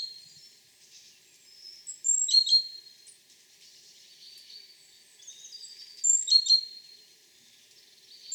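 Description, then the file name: Great tit calls, short bursts of high, thin chirping notes around two and six seconds, with fainter high twittering between them. "Parus major"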